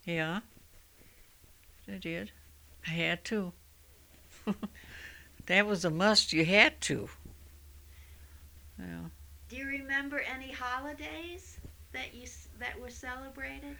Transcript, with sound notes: Yeah. I did. I had to. [Laughs] That was a must. You had to.
Do you remember any holidays that you, that were celebrated?